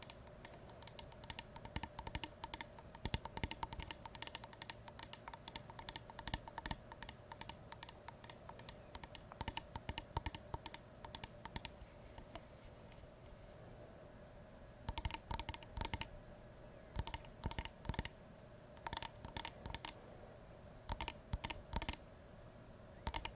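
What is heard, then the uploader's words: Crisp tapping in quick irregular bursts, dense for the first fifteen seconds, then breaking into short clusters separated by brief pauses. The taps are sharp and bright, like fingertips on a hard surface, over a faint steady hum. Ear to Ear tapping, scratching, brushing (No Talking).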